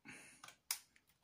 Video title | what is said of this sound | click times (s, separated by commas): Toshiba Tecra A9 - Part 2 - SSD and RAM installation. | and there we go you hear that click that's the ram slot gone home | 0.7 s